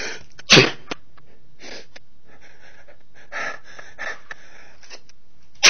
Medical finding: Sneeze.